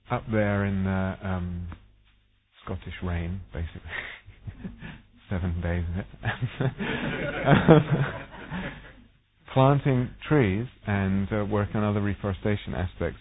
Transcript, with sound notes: up there in Scottish rain, basically, seven days of it. [laughter] Planting trees and working on other reforestation aspects.